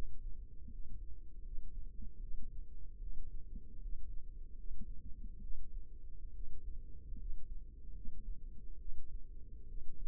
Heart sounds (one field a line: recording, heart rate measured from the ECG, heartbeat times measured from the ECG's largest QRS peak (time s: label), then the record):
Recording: heart sounds by microphone in the left ear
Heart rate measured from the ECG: 74 bpm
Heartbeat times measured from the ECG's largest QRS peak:
0.69 s: heartbeat
1.42 s: heartbeat
2.19 s: heartbeat
2.98 s: heartbeat
3.79 s: heartbeat
4.55 s: heartbeat
5.40 s: heartbeat
6.32 s: heartbeat
7.16 s: heartbeat
7.92 s: heartbeat
8.78 s: heartbeat
9.66 s: heartbeat
From the record:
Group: healthy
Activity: rest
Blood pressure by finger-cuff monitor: 89/54 mmHg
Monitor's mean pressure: 66 mmHg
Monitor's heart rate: 73 bpm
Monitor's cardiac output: 6.3 L/min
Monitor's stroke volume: 86 mL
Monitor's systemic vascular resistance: 750 dyn s/cm5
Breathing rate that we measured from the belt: 19 breaths a minute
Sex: female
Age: 22 years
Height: 163 cm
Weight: 67.1 kg